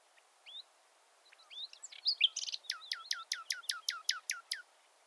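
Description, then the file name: Common nightingale song: a few quiet chirps building into a loud, evenly spaced series of descending whip-like notes. "Luscinia megarhynchos"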